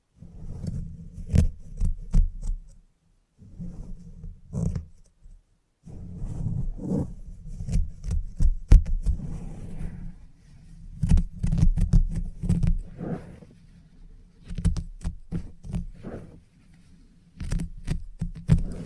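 Salon haircut with a low steady hum broken by frequent sharp scissor snips and clicks, pausing briefly around three and five seconds.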